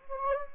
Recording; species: mosquito wingbeat signal from an infrared sensor; Anopheles gambiae